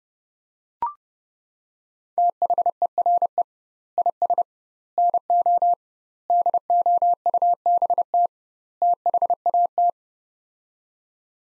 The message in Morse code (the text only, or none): THERE IS NO DOUBT THAT